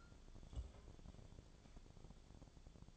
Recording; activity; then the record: daily activity, microphone in the room; take from stove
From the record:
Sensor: 5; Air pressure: 1000.0 hPa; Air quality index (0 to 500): 93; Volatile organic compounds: 1 ppm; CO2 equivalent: 763 ppm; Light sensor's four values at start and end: 386/918/397/448 and 384/910/395/446